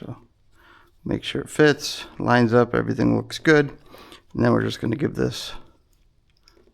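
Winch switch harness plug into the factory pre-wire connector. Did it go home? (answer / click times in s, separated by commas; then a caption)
yes / 6.5 s. A winch switch harness plug is pushed into the factory pre-wire connector on a Polaris Sportsman ATV during a 2500 lb winch install. Someone talks, then a few faint clicks are heard near the end, and the plug snaps into place at 6.5 seconds, fully seated.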